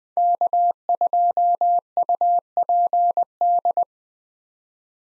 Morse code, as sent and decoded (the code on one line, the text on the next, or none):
-.- ..--- ..- .--. -..
K2UPD